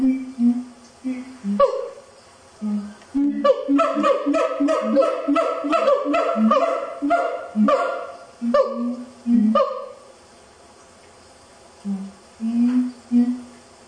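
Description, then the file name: Siamang chorus: low booms build into a rapid run of loud, ringing barks, then fall back to scattered deep booms. "siamang vocalizations"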